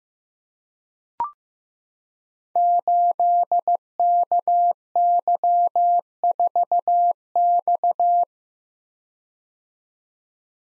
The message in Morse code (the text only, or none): 8KY4X